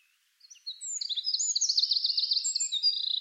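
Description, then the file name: Eurasian wren pouring out a high, rapid song: thin opening notes, then a fast run of repeated sharp chips forming a trill, ending in quick high twitters. "Troglodytes troglodytes"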